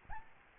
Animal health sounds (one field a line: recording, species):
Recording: mosquito wingbeat signal from an infrared sensor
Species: Aedes albopictus